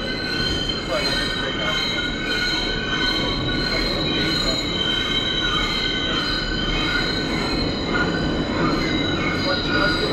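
A subway train screeches steadily along the rails, with several high, sustained squealing tones held the whole time. Underneath, a dense rumbling clatter of wheels stays loud with little change in level, and a faint hiss pulses gently.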